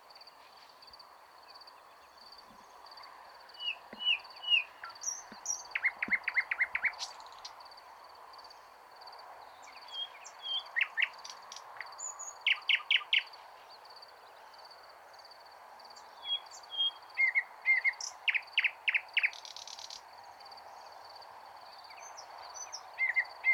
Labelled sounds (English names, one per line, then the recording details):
Thrush Nightingale song
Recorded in the wild
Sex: male
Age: adult
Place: Wizna, Lomzynski Park Krajobrazowy Doliny Narwi, Podlaskie Voivodeship, PL
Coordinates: 53.1985, 22.411
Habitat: deciduous forest edge
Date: 2016-05-25 20:35
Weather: light cloud, no wind
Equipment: Marantz PMD660 recorder, Sennheiser ME67 directional microphone
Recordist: Souriau, Abel